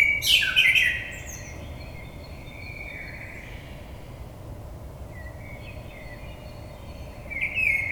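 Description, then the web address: Common blackbird phrase with a loud scratchy high flourish at the start, then a long quiet stretch with faint whistles, and another phrase beginning at the end. Recorded 22 May 2022. "oiseaux Merle 2022 05 22"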